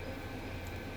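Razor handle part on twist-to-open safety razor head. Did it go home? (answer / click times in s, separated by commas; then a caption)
no / none. A good handle part is fitted onto a worn twist-to-open safety razor head, with only a steady low rumble and broadband hiss heard and no distinct click. Nothing has seated or clicked; the part does not hold and falls out, and it is judged rubbish.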